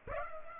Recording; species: mosquito wingbeat signal from an infrared sensor; Aedes aegypti